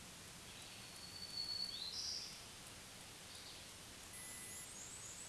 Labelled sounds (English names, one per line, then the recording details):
Black-throated Green Warbler song
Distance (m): 45 m
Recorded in a Pennsylvania forest on 1 June 2023 at 08:46
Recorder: AudioMoth, point grid3_24_high
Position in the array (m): 119 m, 290 m